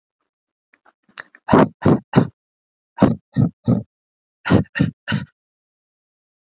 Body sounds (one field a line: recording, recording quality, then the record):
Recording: shallow voluntary cough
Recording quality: moderate, slight background noise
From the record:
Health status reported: healthy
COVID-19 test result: negative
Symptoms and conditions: sore throat, fatigue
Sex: male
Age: 34 years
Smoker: yes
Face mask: not worn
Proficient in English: yes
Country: India